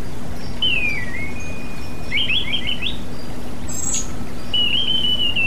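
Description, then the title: Oriental magpie-robin song: a falling whistle, then a quick rippling phrase and a long, flat, slightly wavering whistle, all over a continuous low hum. "Kicau Kacer"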